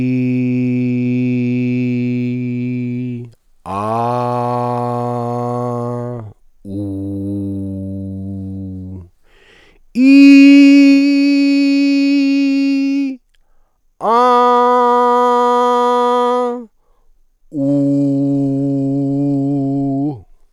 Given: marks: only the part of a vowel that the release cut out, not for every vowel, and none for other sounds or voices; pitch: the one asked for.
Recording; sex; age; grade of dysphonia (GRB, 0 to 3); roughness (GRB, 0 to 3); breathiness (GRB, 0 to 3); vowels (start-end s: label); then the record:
sustained vowels; male; 50 to 59 years; 1; 1; 0
0.00-1.99 s: vowel /i/, normal pitch
4.62-6.07 s: vowel /a/, normal pitch
6.86-8.15 s: vowel /u/, normal pitch
11.02-12.97 s: vowel /i/, high pitch
14.27-16.26 s: vowel /a/, high pitch
17.82-19.79 s: vowel /u/, high pitch
From the record:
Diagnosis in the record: fibroma, hyperfunctional dysphonia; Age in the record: 59 years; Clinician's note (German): Subglottisches Fibrom mit leichter Hyperfunktion